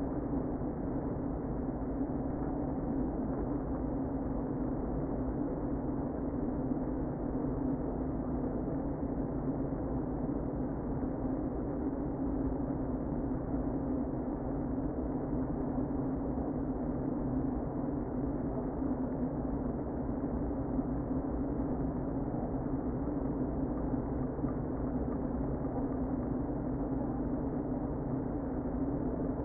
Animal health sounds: honeybee colony, microphone inside the hive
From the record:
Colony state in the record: queen present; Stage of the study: before two queens were removed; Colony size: about 60,000 bees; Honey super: yes

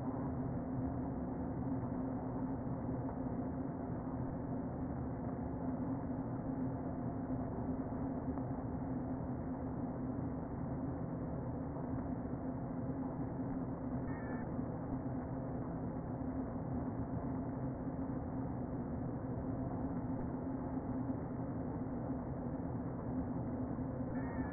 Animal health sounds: honeybee colony, microphone inside the hive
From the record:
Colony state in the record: queen present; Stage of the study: before two queens were removed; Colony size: about 60,000 bees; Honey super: yes

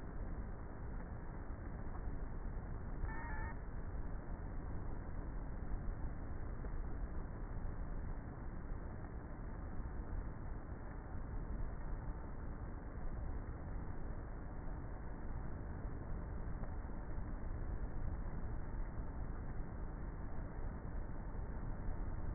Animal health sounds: honeybee colony, microphone inside the hive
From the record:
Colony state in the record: queenless with a low population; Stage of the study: before two queens were removed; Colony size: about 30,000 bees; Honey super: no

